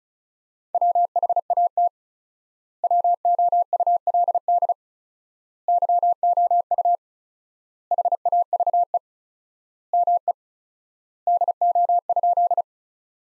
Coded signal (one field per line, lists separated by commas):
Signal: Morse code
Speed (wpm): 36 wpm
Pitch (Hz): 700 Hz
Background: none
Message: WHAT WOULD YOU HAVE ME DO?